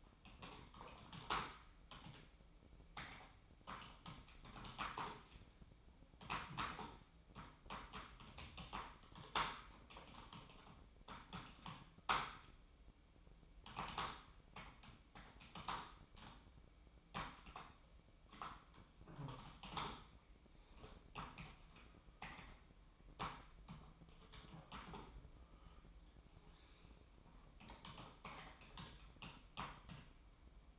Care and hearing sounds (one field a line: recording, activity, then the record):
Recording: daily activity, microphone in the room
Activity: typing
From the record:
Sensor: 1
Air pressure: 1007.6 hPa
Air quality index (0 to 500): 79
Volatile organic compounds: 1 ppm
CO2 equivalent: 685 ppm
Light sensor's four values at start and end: 10/25/10/11 and 10/23/9/10